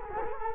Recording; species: mosquito wingbeat signal from an infrared sensor; Culex quinquefasciatus